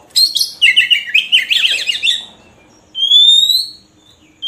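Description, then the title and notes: Oriental magpie-robin song, a fast jumbled chattering phrase followed after a pause by a clear, slightly rising whistle. Long-duration song of the Oriental magpie-robin, played to train caged birds to sing actively day and night. "Kacer Jadi Gacor Siang Malam. Isian Kacer Durasi Panjang"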